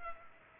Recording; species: mosquito wingbeat signal from an infrared sensor; Culex pipiens